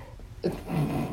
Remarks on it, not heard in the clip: The dog's snoring. I know. You can hear that in the background. It's my little dog.